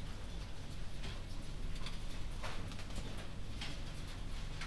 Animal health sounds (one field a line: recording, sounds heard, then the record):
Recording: poultry house recording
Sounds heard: no chicken sound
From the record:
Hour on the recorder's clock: 2